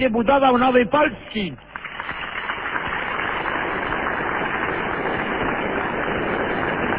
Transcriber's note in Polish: długie oklaski